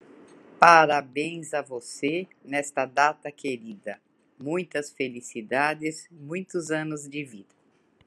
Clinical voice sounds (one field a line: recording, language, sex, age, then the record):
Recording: short text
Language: Brazilian Portuguese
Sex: female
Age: 60 to 69 years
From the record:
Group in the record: control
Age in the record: 67 years